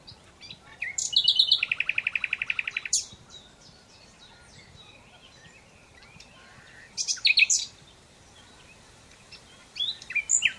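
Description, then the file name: Common Nightingale song opening with a rapid, buzzy repeated-note rattle, then after a pause short explosive chirping bursts. "Luscinia megarhynchos"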